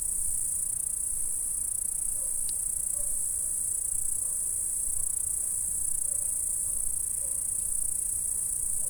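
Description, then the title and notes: Steady high-pitched insect stridulation hisses without pause; a few faint soft notes and two brief clicks sound beneath it. "Saint-François-de-Sales, France - insectes. Stridulations dans la prairie. Enregistreur ZoomH4"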